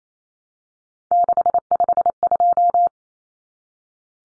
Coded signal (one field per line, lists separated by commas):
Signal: Morse code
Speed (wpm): 28 wpm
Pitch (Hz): 700 Hz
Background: none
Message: 652